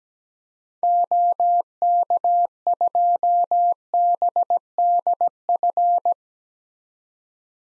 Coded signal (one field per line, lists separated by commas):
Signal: Morse code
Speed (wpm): 17 wpm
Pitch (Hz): 700 Hz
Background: none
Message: OK2BDF